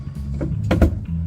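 A flathead screwdriver is worked into the worn slot of a small plastic underbody cover fastener under a car, to remove it before draining. The blade slips with a sharp scrape-click at 0.7 s instead of turning it, so the fastener is stripped.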